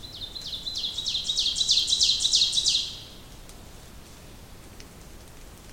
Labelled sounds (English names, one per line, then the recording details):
Ovenbird song
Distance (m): 25 m
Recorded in boreal forest in Alberta, Canada, on 2 June 2016 at 08:52
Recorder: SongMeter 3, array SBT-3-7
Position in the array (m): 53 m, 84 m
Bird 5